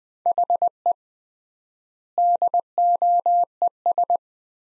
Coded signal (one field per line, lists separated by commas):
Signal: Morse code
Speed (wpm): 21 wpm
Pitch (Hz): 700 Hz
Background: none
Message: HE DOES